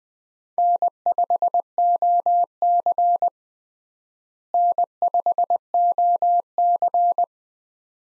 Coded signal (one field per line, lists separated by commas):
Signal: Morse code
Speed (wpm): 21 wpm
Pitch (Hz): 700 Hz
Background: none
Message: N5OC N5OC